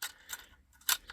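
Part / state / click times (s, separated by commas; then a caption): plastic missile into spring launcher of toy spacecraft / not seated / none. A plastic missile is handled at the spring-loaded launcher of a 1993 G.I. Joe Star Brigade Star Fighter toy spacecraft. Sharp, light plastic clicks and scrapes are heard near 0.0 s, 0.3 s and 0.9 s. Nothing has seated or clicked yet.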